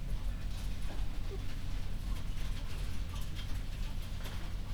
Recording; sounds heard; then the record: poultry house recording; healthy chickens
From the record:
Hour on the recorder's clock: 0